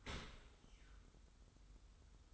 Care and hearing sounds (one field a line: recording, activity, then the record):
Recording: daily activity, microphone in the room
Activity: open dishwasher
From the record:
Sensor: 3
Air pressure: 990.4 hPa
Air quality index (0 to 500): 191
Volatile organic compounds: 1000 ppm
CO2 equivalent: 6254 ppm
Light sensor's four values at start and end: 33/79/32/30 and 33/79/32/30